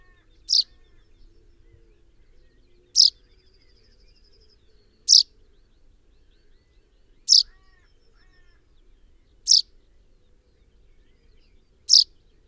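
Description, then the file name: Common chaffinch sounding a steady series of short, piercing chips about every two seconds. "Fringilla coelebs"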